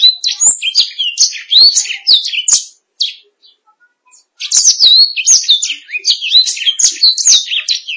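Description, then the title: Canary song: quick high warbled notes and sweeping chirps, a pause of about a second and a half, then another lively burst. "BM Suara Kenari"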